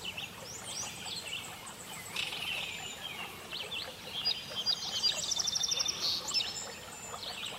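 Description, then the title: Birdsong chorus of high chirps and whistles, with a fast, even trill rising out around five to six seconds over a constant hiss. Birdsong recorded at a lake and forest. "Relaxing Birdsong - HD Lake and Forest"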